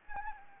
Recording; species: mosquito wingbeat signal from an infrared sensor; Anopheles gambiae